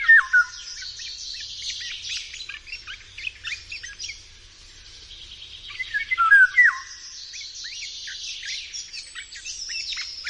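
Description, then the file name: Eurasian golden oriole giving two brief fluty whistled phrases several seconds apart, amid a constant chorus of high twittering songbirds. "Wilga"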